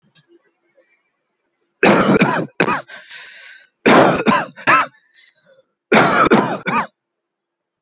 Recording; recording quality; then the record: heavy voluntary cough; moderate, slight background noise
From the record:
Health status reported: healthy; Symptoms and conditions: none ticked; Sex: male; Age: 25 years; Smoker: not ticked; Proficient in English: yes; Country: India